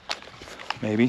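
A cleared pistol is handled against a holster on a binocular harness hanger while someone talks, with a few sharp handling knocks and rustles. Nothing has seated or clicked yet; the pistol is not yet home in the holster.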